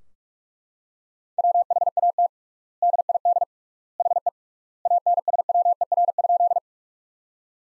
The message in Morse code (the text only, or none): WHAT DID HE ANSWER?